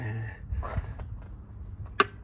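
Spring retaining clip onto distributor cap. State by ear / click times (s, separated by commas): seated / 2.0 s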